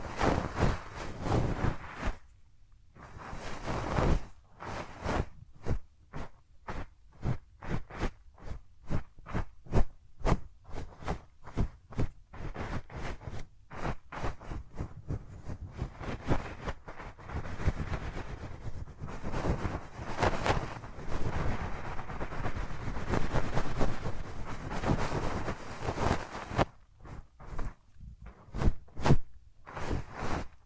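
Hands rub over a microphone's ears close up, making a steady run of quick, rough swishing strokes that repeat several times a second for the whole stretch. The strokes are full and scratchy from low thumps to bright hiss, with brief pauses around three seconds and near the end.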